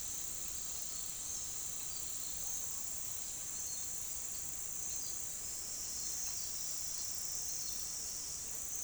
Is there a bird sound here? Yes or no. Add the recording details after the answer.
no. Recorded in pastures near Puerto Asís, Putumayo, Colombia, on 22 June 2025 at 09:30. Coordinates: 0.466, -76.322. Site GP07